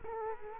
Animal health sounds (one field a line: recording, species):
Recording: mosquito wingbeat signal from an infrared sensor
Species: Culex quinquefasciatus